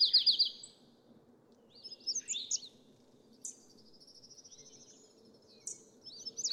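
Indigo bunting song: high, thin buzzy notes in short bursts with pauses, then a long rapid trill of repeated notes, and a faint steady low hum underneath.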